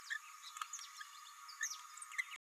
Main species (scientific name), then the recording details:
Forpus passerinus. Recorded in a nest box in Venezuela. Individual 18B104A5